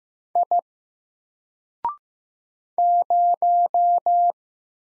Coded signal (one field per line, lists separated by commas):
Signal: Morse code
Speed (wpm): 15 wpm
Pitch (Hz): 700 Hz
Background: none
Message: I 0